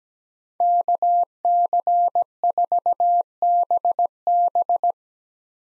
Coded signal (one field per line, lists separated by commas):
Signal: Morse code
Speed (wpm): 17 wpm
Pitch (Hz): 700 Hz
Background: none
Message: KC4BB